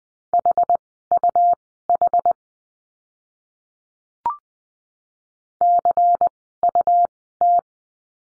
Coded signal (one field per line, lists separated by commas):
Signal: Morse code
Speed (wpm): 20 wpm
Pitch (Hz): 700 Hz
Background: none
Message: HUH CUT